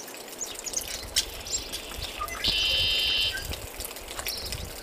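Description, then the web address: Bird sounds with short whistled notes and a loud, buzzy trill held for almost a second, over background noise. "birds 3-13-11 02"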